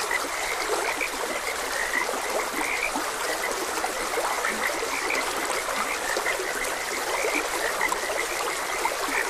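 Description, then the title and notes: Frogs croak with short repeated notes as running water hisses steadily beneath. Frogs croaking beside a gentle stream. "Frogs Croaking. Sleep and Relaxation Podcast"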